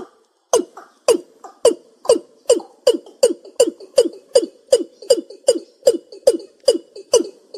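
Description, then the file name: East Asian bullfrog croaks: short, hard, pulsed notes repeated two to three times a second in a steady, even series. "Tieng ga dong"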